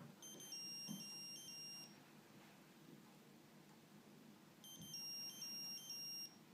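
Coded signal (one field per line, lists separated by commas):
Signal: none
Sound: phone ringtone melody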